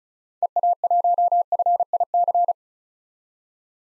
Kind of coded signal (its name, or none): Morse code